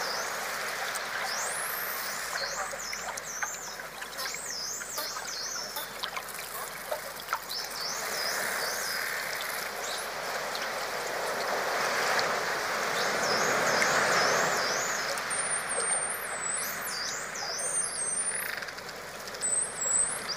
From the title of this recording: Dolphin Sounds Deep Underwater